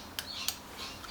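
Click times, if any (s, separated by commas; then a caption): none. A small engine part is handled and pushed toward its seat during a two-stroke jet ski engine rebuild, with two brief sharp ticks near 0.2 s and 0.5 s over faint high chirpy tones and low background noise. Nothing has seated or clicked into place yet.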